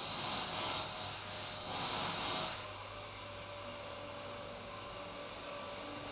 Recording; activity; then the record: daily activity, microphone in the room; vacuum cleaning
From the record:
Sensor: 2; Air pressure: 990.9 hPa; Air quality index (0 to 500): 135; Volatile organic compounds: 177 ppm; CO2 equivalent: 4132 ppm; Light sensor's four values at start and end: 21/50/20/20 and 21/50/20/20